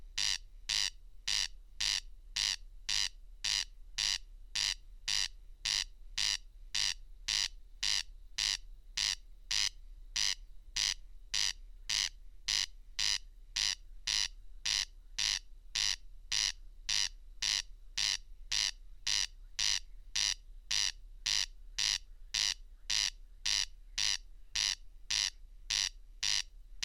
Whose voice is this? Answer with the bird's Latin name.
Crex crex